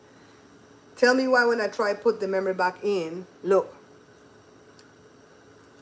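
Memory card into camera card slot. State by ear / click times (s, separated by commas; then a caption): not seated / none. Someone talks from about 1.0 to 3.7 s while trying to push a memory card back into a camera's card slot. The card stops at the eject mechanism and won't go past it, so it has not seated and no latching click is heard. Only a faint, brief tick at 4.8 s breaks the quiet room tone afterward.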